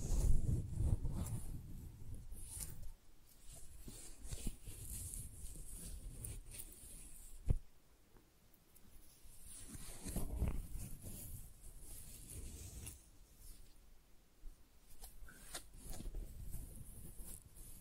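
Tingly flower sounds: soft, irregular rustling and crinkling with bright, crisp bursts coming and going over a low, muffled rumble of handling. A sharp click lands around seven and a half seconds, followed by a quieter stretch before the rustling picks up again.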